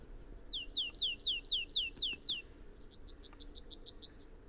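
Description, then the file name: European greenfinch giving a run of about eight quick, downward-sweeping chirps, then a faster series of short notes ending in a brief held note. "Chloris chloris"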